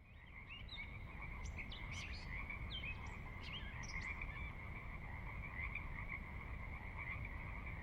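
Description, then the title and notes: Pacific Chorus Frogs in a dense, continuous chorus of overlapping rapid croaks, with a few brief higher chirps above and a steady low rumble of water underneath. Chorus at midnight, valley floor of Sinlahekin Valley, Sinlahekin Wildlife Area, Washington, near Cascades' northeastern slope; distant water spillage in background; unprocessed raw recording. "Sinlahekin Valley midnight. the ever-present Pacific Chorus Frogs that are a fixture of the Northwest Soundscape. Sinlahekin Valley is the heart of the Sinlahekin Wildlife Area"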